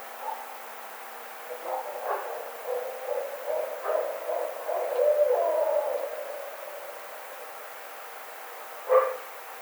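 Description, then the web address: Barred owl caterwauling: a run of low wavering hoots and cackles building over several seconds, then fading, with one sharp louder note near the end. Recorded 9 April 2009. "Barred Owl 2009 04 09"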